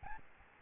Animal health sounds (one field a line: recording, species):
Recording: mosquito wingbeat signal from an infrared sensor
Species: Aedes albopictus